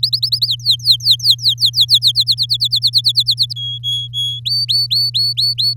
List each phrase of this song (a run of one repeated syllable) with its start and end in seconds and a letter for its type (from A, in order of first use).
0.03-0.47 A, 0.47-2.12 B, 2.15-3.53 C, 3.56-4.40 D, 4.45-5.74 E